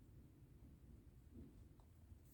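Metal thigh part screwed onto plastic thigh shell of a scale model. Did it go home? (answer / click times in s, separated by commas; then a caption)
no / none. While assembling the fourth part of the right thigh of a 1:3 scale DeAgostini RoboCop model, a metal thigh part with screws in its upper and lower holes is lined up against the plastic thigh shell to check that it sits flush before the screws are tightened. A low steady rumble is heard with faint handling ticks from positioning the parts. Nothing has seated or clicked into place yet.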